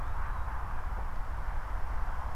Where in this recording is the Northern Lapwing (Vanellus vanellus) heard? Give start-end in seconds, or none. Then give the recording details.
0.01-0.47. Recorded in France